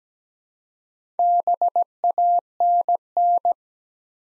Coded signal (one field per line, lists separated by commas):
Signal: Morse code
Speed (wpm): 17 wpm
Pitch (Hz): 700 Hz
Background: none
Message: BANN